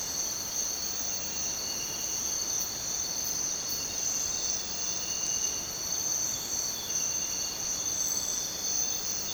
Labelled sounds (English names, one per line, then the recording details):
none
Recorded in dense forest near Puerto Asís, Putumayo, Colombia, on 29 June 2025 at 05:30
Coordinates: 0.484, -76.317
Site G045